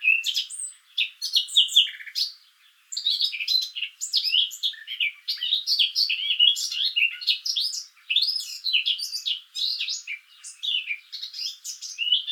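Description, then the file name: Eurasian blackcap delivering continuous jumbled warbling, quick chirps and short whistles running almost without a break. "Sylvia atricapilla"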